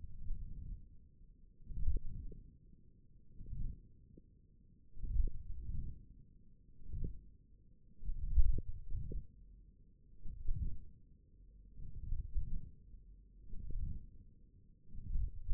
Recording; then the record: forearm muscle sounds (acoustic myography)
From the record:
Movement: ulnar deviation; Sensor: system 1, eight BSWA MPA416 microphones around the upper forearm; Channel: 1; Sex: male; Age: 20 years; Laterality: left